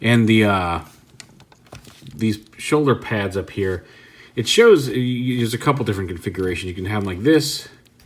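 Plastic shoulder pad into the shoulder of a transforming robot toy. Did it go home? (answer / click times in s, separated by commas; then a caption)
no / none. Someone talks while handling the plastic shoulder pad of an Ocular Max Perfection Series PS-12 Saltus transforming robot toy, moving it to sit on top of the shoulder. Brief light taps and knocks come at about 1.2 to 2.1 s and again near 7.9 to 8.0 s. The pad has not locked into place yet.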